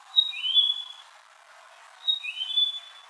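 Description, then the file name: Japanese grosbeak whistles: two clear, high whistled phrases about two seconds apart, each a level note joined by a rising slur. "ikaru"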